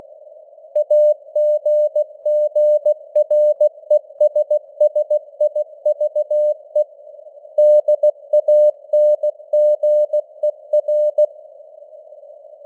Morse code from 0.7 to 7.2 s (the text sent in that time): AGGRESSIVE